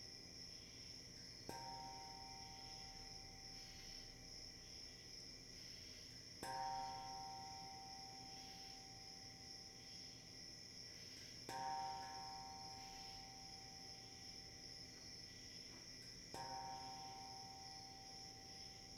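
A steady, bright chirring of crickets runs through the whole clip without letup. About every five seconds a single gong-like stroke sounds, its mid-pitched ring lingering and slowly fading before the next one arrives.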